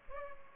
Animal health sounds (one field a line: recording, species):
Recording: mosquito wingbeat signal from an infrared sensor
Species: Culex pipiens